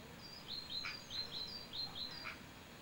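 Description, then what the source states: Bird song: a quick series of high, thin whistled notes with short falling slurs, several phrases in under three seconds, over a low steady background hum. Recorded at Saltwells Nature Reserve.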